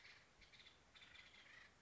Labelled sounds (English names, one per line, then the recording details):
Acorn Woodpecker
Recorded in Sonoma County, California